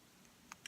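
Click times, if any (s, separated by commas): none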